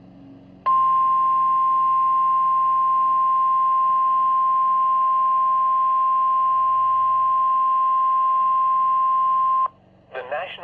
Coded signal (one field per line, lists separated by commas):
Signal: Emergency Alert System (SAME) tones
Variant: 1050 Hz attention tone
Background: speech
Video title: Severe Thunderstorm Warning (EAS #15)